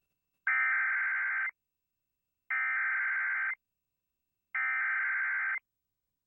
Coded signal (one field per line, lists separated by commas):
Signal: Emergency Alert System (SAME) tones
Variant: header bursts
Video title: WVCY-TV Tornado Warning [EAS #4]